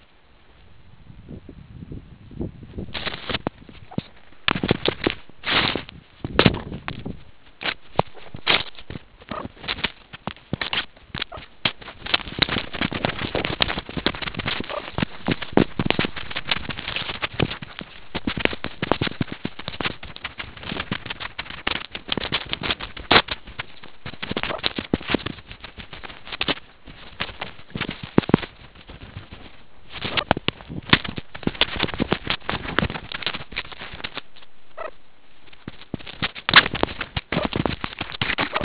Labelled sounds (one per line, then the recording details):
meerkat close call
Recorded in the Kuruman River Reserve, South Africa
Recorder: an audio tag on a meerkat's collar